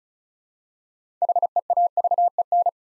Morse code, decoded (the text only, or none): HEAVEN